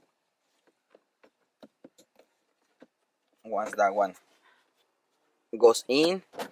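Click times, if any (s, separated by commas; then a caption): none. On a 2019 Toyota RAV4, a replacement plastic window switch panel is angled so its small hook goes into the driver door armrest trim first, producing only light rubbing and soft tapping from about 0.9 to 2.8 seconds. Someone then talks. Nothing has seated or clicked yet.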